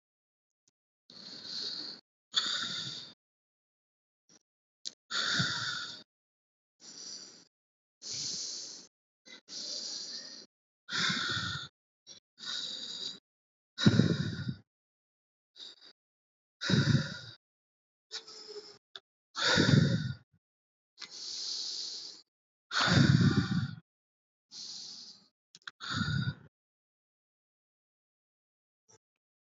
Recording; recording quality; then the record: deep breathing; excellent, no background noise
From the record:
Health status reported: healthy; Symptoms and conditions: none ticked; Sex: male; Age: 38 years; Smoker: not ticked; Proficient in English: yes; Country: India